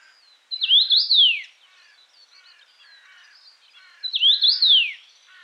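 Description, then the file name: Common rosefinch song: a loud, clear whistled phrase of slurred rising and falling notes, given twice about three and a half seconds apart, with faint twittering from other birds between. "Louis A Hansen - Obyknovennaya chechevica Carpodacus erythrinus"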